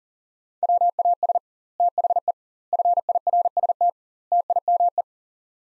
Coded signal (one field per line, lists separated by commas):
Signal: Morse code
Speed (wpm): 40 wpm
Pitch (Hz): 700 Hz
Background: none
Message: WAS THE FIRST TIME